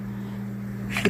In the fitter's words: and then you should have to hear a click sound detail